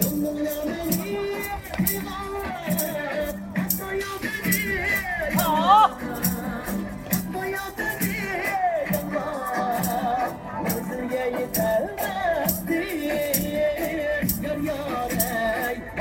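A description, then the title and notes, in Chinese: Square dancing in a railway park: loud, steady music with a regular beat and bending melody lines, over chatter and crowd voices. 早晨、广场舞和报警服务台。哈尔滨铁路公园，广场舞。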